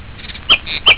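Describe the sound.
Bird calling with two short chirps about a third of a second apart.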